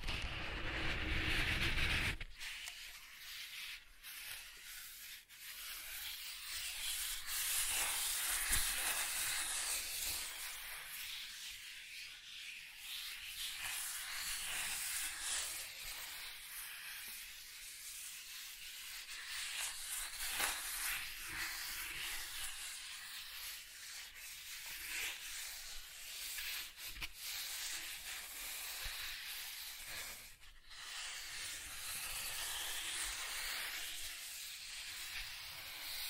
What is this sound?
Soft Tracing on Smooth and Rough Surfaces